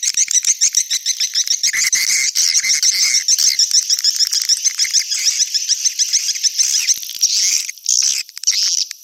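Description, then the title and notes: Swiftlets chirping in rapid bursts of high twittering, layered over a constant high chatter. Swiftlet sound associated with swiftlet farming in Asia. "Swiflet Bird Sound. Farming Swiflet Bird asia sound"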